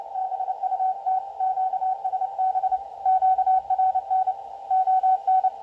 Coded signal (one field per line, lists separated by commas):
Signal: Morse code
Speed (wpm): 29 wpm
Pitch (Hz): 750 Hz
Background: radio noise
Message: BUT QSB QRN ON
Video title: The Atlantic 5W Challenge - Build This Simple Antenna - Join The DX Fun!